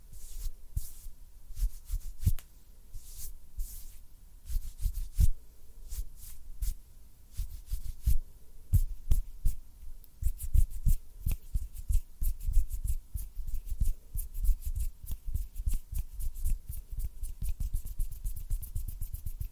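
Close-up finger fluttering and hand sounds: a dense, irregular patter of soft taps and brushes runs through the whole clip. Many quick clicks and thumps cluster together, with faint rubbing between them and a few sharper, brighter strikes scattered throughout.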